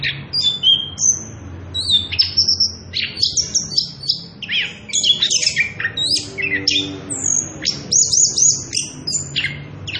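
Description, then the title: Orange-headed thrush singing a dense, varied stream of sharp chirps, whistles and buzzy notes, almost without break, with a steady low hum in the background. Recording used as a lure and master song for training young birds; continuous rolling song ('ngerol'), very loud. "Anis Kembang Gacor. pancingan anis kembang ngerol edan volume dasyattt cocok buat masteran trotolan"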